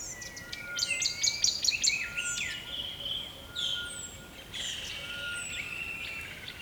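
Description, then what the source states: Bird song, a burst of quick high trilled notes followed by longer sweeping whistled phrases, with steady background hiss throughout. Recorded by a river at dawn, close to the bird.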